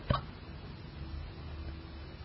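A single sharp, abrupt gulping burst opens, followed by about two seconds of quiet with a low steady room hum. This is one hiccup from an adult, the sudden involuntary catch of breath from a diaphragm spasm cut off by the closing throat.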